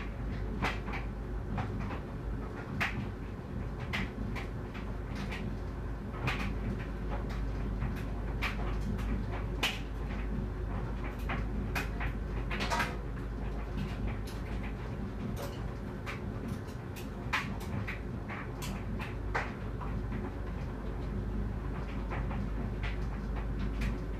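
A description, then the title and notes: A clothes dryer tumbles with a steady low rumble and hum that holds through the whole recording. Frequent short knocks and clicks, irregular but several each second or so, cut through the drone as the load drops and thumps inside the drum. It's laundry day and the dryer tumbles.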